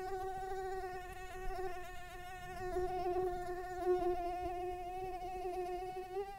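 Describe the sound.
Insect buzz, a steady droning hum with a rich stack of overtones, holding nearly level pitch throughout with slight wavering.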